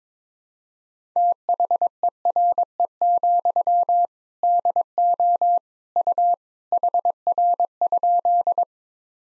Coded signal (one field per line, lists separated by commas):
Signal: Morse code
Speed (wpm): 22 wpm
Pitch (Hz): 700 Hz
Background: none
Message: THERE, DO U HR?